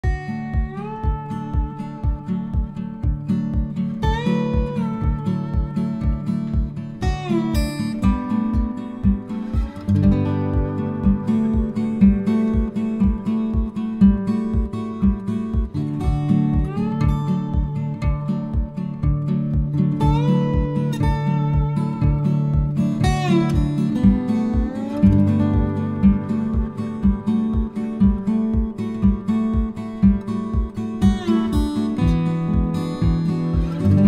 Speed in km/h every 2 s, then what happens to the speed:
34, 34, 40, 44, 48, 55, 63, 63, 69, 72, 74, 73, 75, 77, 79, 81, 83.
0-34 speeds up to 83.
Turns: 0-5.